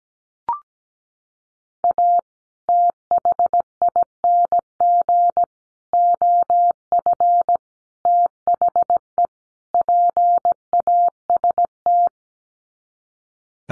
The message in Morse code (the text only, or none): A THING OF THE PAST